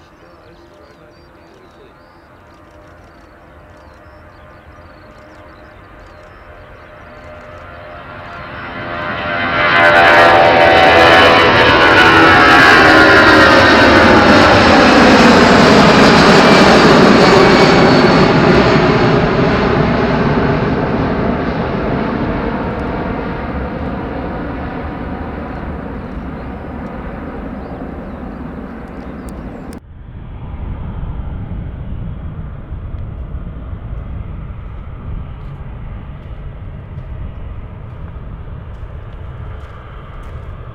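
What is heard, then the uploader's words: An airplane takes off: a low roar builds through the first ten seconds, then bursts into a loud, bright jet rush that peaks around fifteen seconds. The pitch sweeps downward as it passes and slowly fades. Near thirty seconds the sound abruptly cuts to a duller, steady rumble. Airplane Sound - Take offs.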